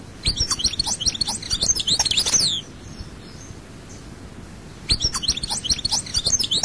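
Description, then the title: European goldfinch song, a lively twittering burst, a quiet gap of about two seconds, then twittering resumes. "Chant Chardonneret"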